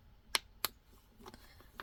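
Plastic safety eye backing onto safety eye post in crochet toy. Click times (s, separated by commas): 0.4 s, 0.6 s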